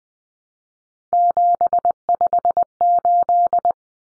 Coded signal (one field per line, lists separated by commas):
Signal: Morse code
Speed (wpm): 20 wpm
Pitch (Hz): 700 Hz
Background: none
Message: 758